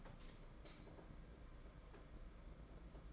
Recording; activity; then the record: daily activity, microphone in the room; light on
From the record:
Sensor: 5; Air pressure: 992.1 hPa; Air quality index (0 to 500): 200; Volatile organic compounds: 1000 ppm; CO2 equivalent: 5761 ppm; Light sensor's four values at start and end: 8/18/7/8 and 8/20/8/8